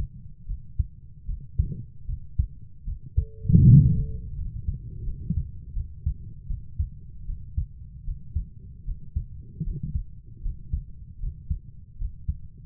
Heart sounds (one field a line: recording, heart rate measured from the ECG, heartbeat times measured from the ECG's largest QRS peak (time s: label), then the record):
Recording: heart sounds by stethoscope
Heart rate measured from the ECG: 78 bpm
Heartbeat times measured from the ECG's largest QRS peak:
0.47 s: heartbeat
1.27 s: heartbeat
2.07 s: heartbeat
2.85 s: heartbeat
3.67 s: heartbeat
4.36 s: heartbeat
5.04 s: heartbeat
5.74 s: heartbeat
6.48 s: heartbeat
7.26 s: heartbeat
8.05 s: heartbeat
8.85 s: heartbeat
9.64 s: heartbeat
10.42 s: heartbeat
11.20 s: heartbeat
11.98 s: heartbeat
From the record:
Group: healthy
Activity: rest 0-5 s, Valsalva maneuver 5-13 s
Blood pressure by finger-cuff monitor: 109/61 mmHg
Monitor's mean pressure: 75 mmHg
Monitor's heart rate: 76 bpm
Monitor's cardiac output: 7 L/min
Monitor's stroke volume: 91 mL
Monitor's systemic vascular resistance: 790 dyn s/cm5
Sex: female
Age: 22 years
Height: 160 cm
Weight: 63 kg